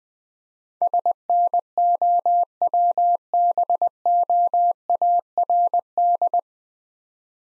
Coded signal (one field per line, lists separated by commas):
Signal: Morse code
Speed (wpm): 22 wpm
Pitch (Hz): 700 Hz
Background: none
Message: SNOWBOARD